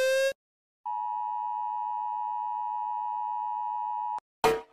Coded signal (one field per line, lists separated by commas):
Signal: Emergency Alert System (SAME) tones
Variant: 853 and 960 Hz attention tone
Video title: Rating eas alerts